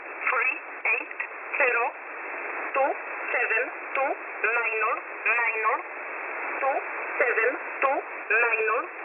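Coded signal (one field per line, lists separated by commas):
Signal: numbers station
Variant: E11a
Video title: E11a Message 23/12/2022 0820 UTC 5149kHz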